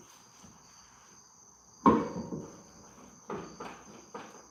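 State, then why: Seated. A car wheel or rotor is wiggled onto the hub until it goes on, with a sharp click at 1.9 s as it seats. Softer knocks follow at about 3.3 s, 3.6 s and 4.2 s over a steady high-pitched background hum.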